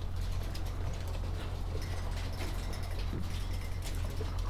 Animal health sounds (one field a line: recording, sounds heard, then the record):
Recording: poultry house recording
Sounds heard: sick chickens (respiratory disease)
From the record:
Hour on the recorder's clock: 7